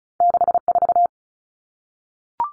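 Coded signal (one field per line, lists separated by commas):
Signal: Morse code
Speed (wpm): 34 wpm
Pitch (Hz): 700 Hz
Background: none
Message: 64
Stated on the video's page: Morse drill of two-digit numbers at 35 wpm.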